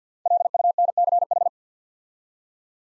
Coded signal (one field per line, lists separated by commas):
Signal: Morse code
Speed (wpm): 48 wpm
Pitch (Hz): 700 Hz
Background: none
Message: LUNCH